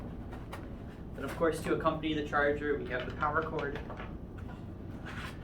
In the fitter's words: clicks right into the charger here same operation as before and we'll show you where it goes on the backpack as well